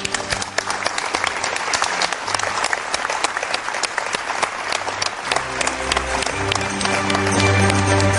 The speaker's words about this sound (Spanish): Muchas gracias por venir. Ahora toda España os escucha. Gracias y vuestro aplauso es este.